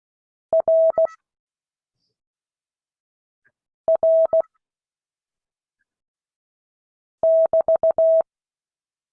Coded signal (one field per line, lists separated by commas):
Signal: Morse code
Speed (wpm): 16 wpm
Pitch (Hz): 650 Hz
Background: none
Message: R R <BT>